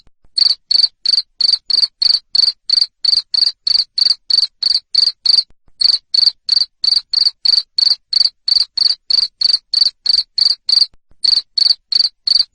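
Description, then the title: Cricket calling with bright, high chirps repeated about three per second, the pattern interrupted by two short gaps. Loud cricket chirping used to stimulate lovebirds to sing continuously. "Suara JANGKRIK NGERIK Keras Bikin LOVEBIRD Jadi NGEKEK Terus Vubey"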